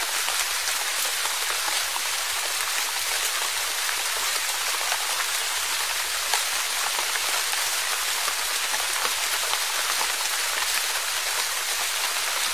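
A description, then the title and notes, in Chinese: Rain falls steadily in a dense, even hiss that stays level for the whole stretch. The sound is bright and airy with little low rumble, like many small drops on a surface, with an occasional slightly sharper patter around the six-second mark. 自然·白噪音 - 小雨。若隐若现的雨声。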